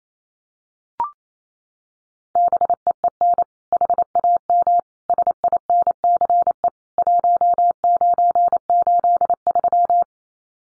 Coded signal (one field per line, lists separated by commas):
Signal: Morse code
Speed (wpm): 28 wpm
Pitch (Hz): 700 Hz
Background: none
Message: BEEN HAM SINCE 1983